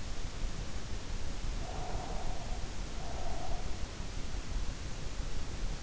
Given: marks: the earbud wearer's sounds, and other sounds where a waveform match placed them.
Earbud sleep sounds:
sounds in sleep by an in-ear microphone; breath
1.44-4.30 s: breath

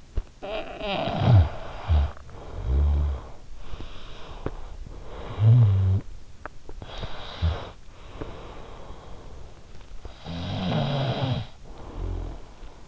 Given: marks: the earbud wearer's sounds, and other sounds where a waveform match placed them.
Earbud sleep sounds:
sounds in sleep by an in-ear microphone; snoring breath, breath
0.00-6.48 s: snoring breath
6.48-9.77 s: breath
9.77-12.88 s: snoring breath

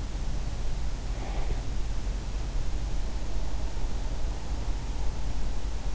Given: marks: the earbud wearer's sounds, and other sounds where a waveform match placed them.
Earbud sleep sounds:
sounds in sleep by an in-ear microphone; breath
1.08-1.83 s: breath

